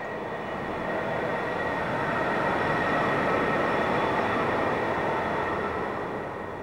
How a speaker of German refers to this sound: Die U-Bahn kommt. Ich steige ein. Der Zug fährt und fährt. Es wird dunkel.